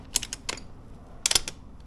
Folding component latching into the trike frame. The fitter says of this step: snap that in if we can